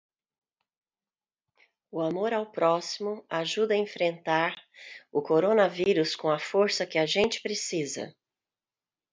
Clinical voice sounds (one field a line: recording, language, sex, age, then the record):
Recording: spoken sentence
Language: Brazilian Portuguese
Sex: female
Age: 50 to 59 years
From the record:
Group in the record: control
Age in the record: 59 years